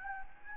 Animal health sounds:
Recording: mosquito wingbeat signal from an infrared sensor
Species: Anopheles gambiae

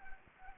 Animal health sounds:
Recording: mosquito wingbeat signal from an infrared sensor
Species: Anopheles gambiae

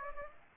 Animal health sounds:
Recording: mosquito wingbeat signal from an infrared sensor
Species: Aedes aegypti

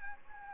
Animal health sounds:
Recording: mosquito wingbeat signal from an infrared sensor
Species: Anopheles gambiae

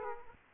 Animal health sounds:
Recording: mosquito wingbeat signal from an infrared sensor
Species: Aedes aegypti

